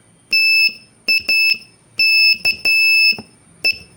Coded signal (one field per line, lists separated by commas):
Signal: Morse code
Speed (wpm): 12 wpm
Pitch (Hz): 2650 Hz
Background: none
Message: TAKE